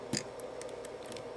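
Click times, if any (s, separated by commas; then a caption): none. A plastic LEGO brick piece is handled against a LEGO puppy model, with a sharp tick at 0.2 s followed by faint light ticking and rubbing. Nothing has seated or clicked into place yet.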